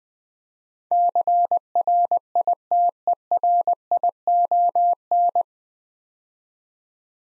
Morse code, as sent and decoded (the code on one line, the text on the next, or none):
-.-. .-. .. - . .-. .. --- -.
CRITERION